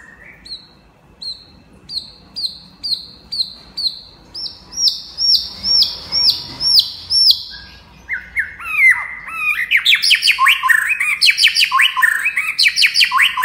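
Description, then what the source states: White-rumped shama song: a steady series of high, clipped notes repeated about twice a second, then a burst of fast, loud, varied chattering and whistled phrases. Champion bird from a songbird singing contest.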